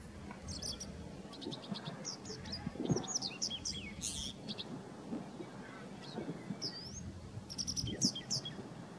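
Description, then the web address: Bird calls: clusters of high, sharp chirps and brief twittering notes come in several bursts, over a low background rumble. "yacho koe"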